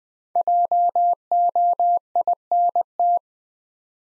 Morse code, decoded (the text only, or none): JOINT